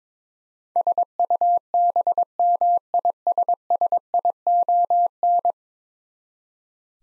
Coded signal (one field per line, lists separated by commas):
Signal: Morse code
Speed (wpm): 22 wpm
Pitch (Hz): 700 Hz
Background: none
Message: SUBMISSION